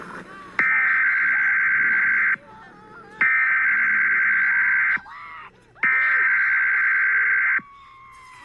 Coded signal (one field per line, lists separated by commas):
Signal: Emergency Alert System (SAME) tones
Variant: header bursts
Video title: EAS Tsunami Warning during TeleBLUE Reairing of Make Believe It or Not 2010 presumably, NTSC-rs ver)